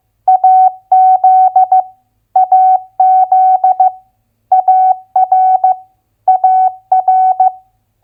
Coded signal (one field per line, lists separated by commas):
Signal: Morse code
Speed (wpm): 15 wpm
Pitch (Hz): 750 Hz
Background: none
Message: AZ AZ AR AR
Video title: Morse Code Head Copy - US State Abbreviations at 15wpm